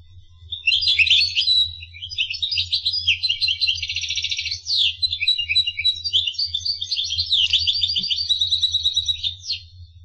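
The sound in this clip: Finch song: varied high chirps, buzzy pulsed trills and twitters in quick succession, above a faint low hum.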